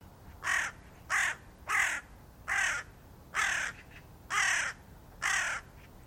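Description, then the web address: Bird giving harsh, hoarse cawing calls, seven in a row, roughly one every 0.8 seconds, with quiet background noise. "cianscape. Deverinetal 2025. Bird Only"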